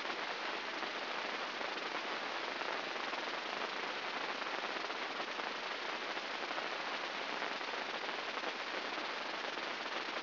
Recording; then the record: brain microelectrode recording played as sound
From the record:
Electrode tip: inside the subthalamic nucleus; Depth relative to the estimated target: -1 mm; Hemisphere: left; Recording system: AlphaMap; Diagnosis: Parkinson's disease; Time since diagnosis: 9 years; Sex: male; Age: 68 years